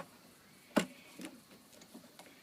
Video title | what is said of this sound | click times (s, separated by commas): ES99 -- Assembly and Operation | so we'll lock that up into position | 0.8 s